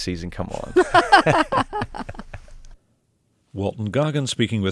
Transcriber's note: soundbite of laughter